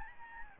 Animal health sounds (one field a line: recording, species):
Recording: mosquito wingbeat signal from an infrared sensor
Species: Aedes albopictus